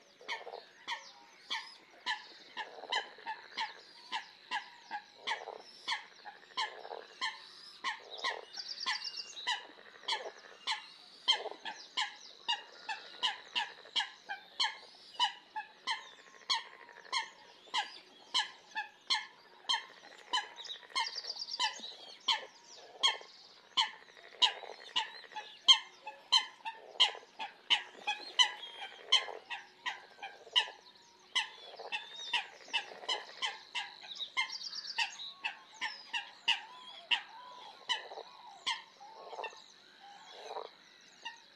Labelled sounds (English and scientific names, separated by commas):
Edible Frog (Pelophylax esculentus) call